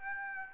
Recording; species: mosquito wingbeat signal from an infrared sensor; Aedes aegypti